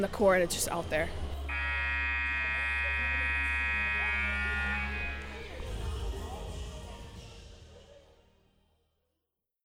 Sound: game buzzer